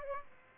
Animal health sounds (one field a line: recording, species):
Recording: mosquito wingbeat signal from an infrared sensor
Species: Aedes aegypti